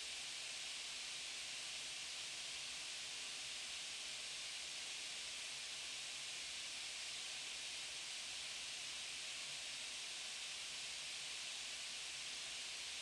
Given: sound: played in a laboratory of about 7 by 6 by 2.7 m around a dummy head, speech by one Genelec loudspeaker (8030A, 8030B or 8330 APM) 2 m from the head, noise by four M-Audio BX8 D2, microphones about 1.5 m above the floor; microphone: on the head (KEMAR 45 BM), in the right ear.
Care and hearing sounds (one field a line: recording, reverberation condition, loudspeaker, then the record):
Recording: white noise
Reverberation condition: medium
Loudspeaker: four, about 170 cm from the corners of the room and facing them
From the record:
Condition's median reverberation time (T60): about 510 ms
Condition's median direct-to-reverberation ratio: about -0.5 dB